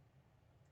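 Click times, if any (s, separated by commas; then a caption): none. The glove box door of a 2019 Subaru Ascent is pushed up on its plastic hinges toward its dashboard latch during a cabin air filter replacement. Only a steady, quiet low hum is heard, with no sharp hits. Nothing has clicked or seated yet.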